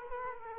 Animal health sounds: mosquito wingbeat signal from an infrared sensor; Culex quinquefasciatus

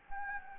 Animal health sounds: mosquito wingbeat signal from an infrared sensor; Anopheles gambiae

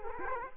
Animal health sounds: mosquito wingbeat signal from an infrared sensor; Culex quinquefasciatus

